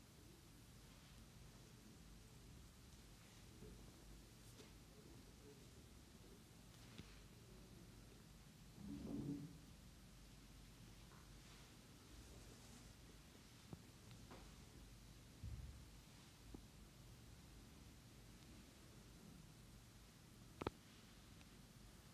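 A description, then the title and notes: A hushed massage recording: soft rubbing and rustling sit over a steady low hiss and hum throughout. Around nine seconds a fuller, low sound swells briefly, and a single sharp tap lands near twenty seconds, with faint scattered brushes between. ASMR Sleep Therapy - Amazing ASMR head, neck, back and facial massage for deep sleep.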